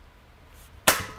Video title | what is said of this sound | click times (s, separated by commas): Tubeless Tires: Is the Switch Worth It? | that's the snap we want to hear. That's the snap you want to hear. It's in place. | 0.9 s